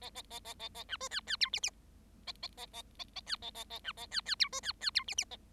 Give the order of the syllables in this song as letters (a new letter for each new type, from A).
A A A A A A B C D D E F F A A A A A A D A A A B A D D E C D D E F F A